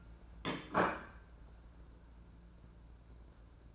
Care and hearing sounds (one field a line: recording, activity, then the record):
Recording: daily activity, microphone in the room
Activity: place plate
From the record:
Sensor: 2